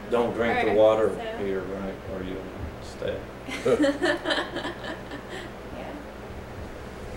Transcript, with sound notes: Don’t drink the water here right, or you’ll stay. [laughter]
Yeah.